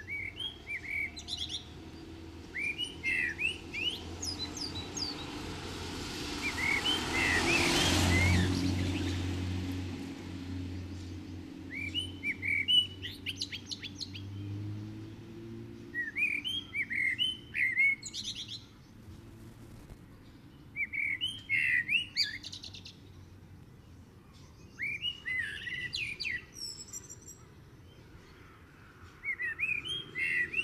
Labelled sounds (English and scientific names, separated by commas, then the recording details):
Common Blackbird (Turdus merula) song
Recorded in the wild
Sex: male
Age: adult
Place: Garmisch-Partenkirchen, Bayern, DE
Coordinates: 47.5039, 11.0858
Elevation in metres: 691
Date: 1975-03-05
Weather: Sonne, warme Temperaturen
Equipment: Nagra IV, Sennheiser MKH 405, Parabolreflektor
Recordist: Tretzel, Erwin